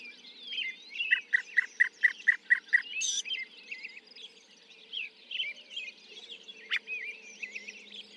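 Northern mockingbird song opening with about eight quick repeated notes, then softer varied twittering and whistled phrases.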